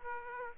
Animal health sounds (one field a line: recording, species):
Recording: mosquito wingbeat signal from an infrared sensor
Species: Aedes aegypti